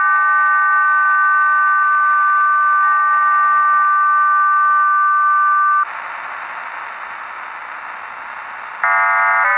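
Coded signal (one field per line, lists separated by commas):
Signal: numbers station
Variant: HM01 RDFT data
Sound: several steady buzzing tones, then three seconds of harsh wide hiss, then chirpy tones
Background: radio static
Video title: Shortwave Radio - HM01 Numbers Station - 11530kHz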